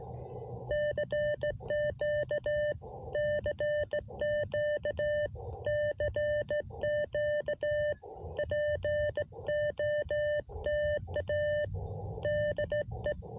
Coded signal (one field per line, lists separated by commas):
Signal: Morse code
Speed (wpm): 17 wpm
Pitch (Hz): 600 Hz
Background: none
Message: CQ CQ CQ POTA DE